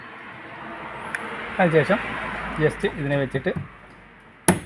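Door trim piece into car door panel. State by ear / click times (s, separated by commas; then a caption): seated / 4.5 s. On a Maruti Suzuki Alto, after the inner door handle is refitted, a door trim piece is placed and pushed once so its clips lock into the car door panel. Someone talks and laughs briefly, with a faint tick near 1.1 s. A single sharp knock-like snap at 4.5 s marks the trim piece seating in place.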